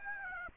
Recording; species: mosquito wingbeat signal from an infrared sensor; Aedes aegypti